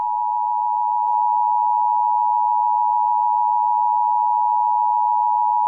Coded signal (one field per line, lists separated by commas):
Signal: Emergency Alert System (SAME) tones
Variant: 853 and 960 Hz attention tone